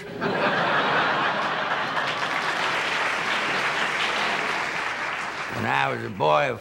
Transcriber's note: applause